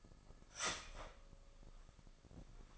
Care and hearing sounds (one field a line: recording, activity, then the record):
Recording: daily activity, microphone in the room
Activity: start toaster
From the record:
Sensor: 5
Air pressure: 995.3 hPa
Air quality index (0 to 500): 107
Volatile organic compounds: 8 ppm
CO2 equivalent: 2063 ppm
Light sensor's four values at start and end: 35/84/34/34 and 35/84/34/34